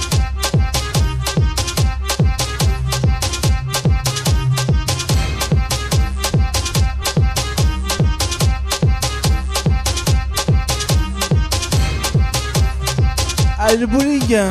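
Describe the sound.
A Friday evening at a bowling alley, filled with loud dance music: a fast, steady kick-drum beat over a deep, pulsing bass line that holds a constant level throughout. Near the end, a wavering, swooping tone rises over the beat.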